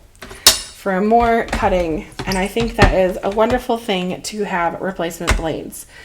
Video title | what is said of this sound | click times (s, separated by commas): New Spellbinders Products! Feb. 2024 | just pops right in and then you're good to go | 0.5 s